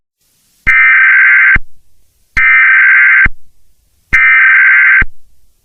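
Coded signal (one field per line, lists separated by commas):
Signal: Emergency Alert System (SAME) tones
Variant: header bursts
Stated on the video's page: Fictional scenario.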